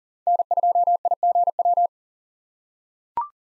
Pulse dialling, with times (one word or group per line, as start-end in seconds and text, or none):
none